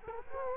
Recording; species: mosquito wingbeat signal from an infrared sensor; Culex quinquefasciatus